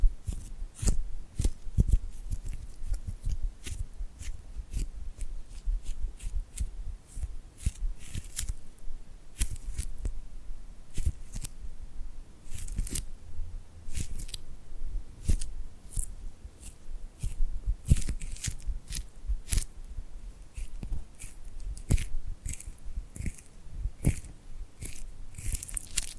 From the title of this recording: Tingly Glued Hand Sounds